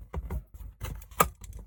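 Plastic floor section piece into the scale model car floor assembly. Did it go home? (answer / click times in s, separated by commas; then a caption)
yes / 1.2 s. A plastic floor section for a 1:6 scale DeAgostini Ford Mustang Shelby GT500 model car is lined up and pushed into the car's floor assembly, with soft light taps and handling noises. A sharp, bright click at 1.2 s marks the piece seating into place.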